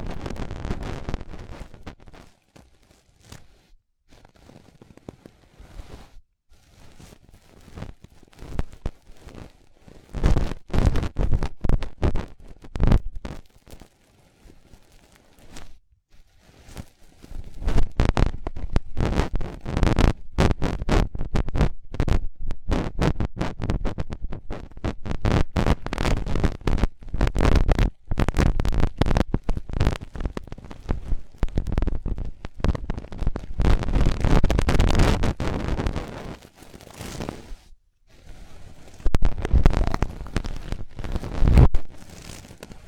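Intense ear-cleaning ASMR with a rapid, fluttering 'helicopter' effect: dense bursts of scratching and rubbing pulse quickly, full and low-heavy. Sound is sparse early, then comes in long loud stretches from about 10 seconds on, broken by brief quiet pauses near 15 and 37 seconds.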